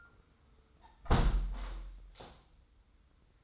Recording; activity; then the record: daily activity, microphone in the room; close window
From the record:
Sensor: 3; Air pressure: 990.3 hPa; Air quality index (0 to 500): 183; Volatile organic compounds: 1000 ppm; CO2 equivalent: 5942 ppm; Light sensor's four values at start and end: 33/78/31/30 and 34/80/32/30